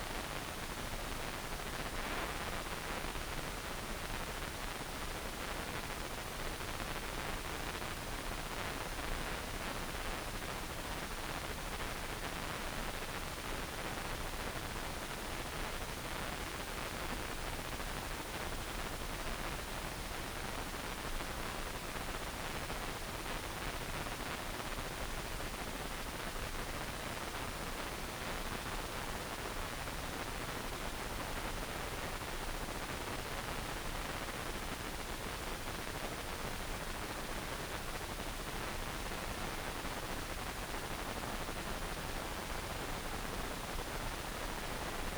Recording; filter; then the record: brain microelectrode recording played as sound; wide band, above 20 Hz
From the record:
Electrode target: subthalamic nucleus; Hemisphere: right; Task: reaching with the left hand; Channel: 1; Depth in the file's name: 1.506 mm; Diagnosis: Parkinson's disease